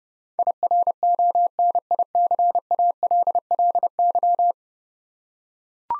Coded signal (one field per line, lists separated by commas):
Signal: Morse code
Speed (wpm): 28 wpm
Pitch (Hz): 700 Hz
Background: none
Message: IRONICALLY